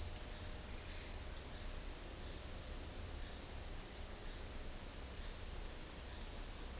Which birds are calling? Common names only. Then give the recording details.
none. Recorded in dense forest near Puerto Asís, Putumayo, Colombia, on 21 February 2024 at 14:30. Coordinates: 0.484, -76.317. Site G6464